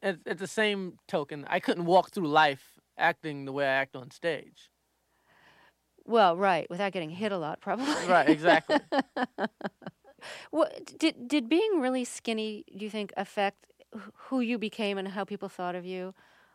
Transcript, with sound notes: I mean, at the same token, I couldn't walk through life acting the way I act on stage.
Well, right, without getting hit a lot, probably.
Right. Exactly.
(laughs)
Well, did being really skinny, do you think, affect who you became and how people thought of you,